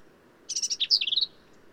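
Black-capped vireo giving one hurried phrase of harsh, scratchy high notes ending in a short run of thin, rapid chips.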